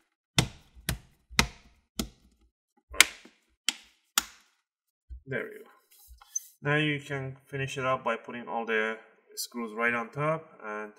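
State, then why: Seated. Someone presses around the edge of a plastic laptop bottom cover so its remaining clips snap into the chassis, giving sharp clicks at 0.4, 0.9, 1.4, 3.7 and 4.2 seconds, with another snap near 3.0 seconds. The cover is seated, and then someone talks.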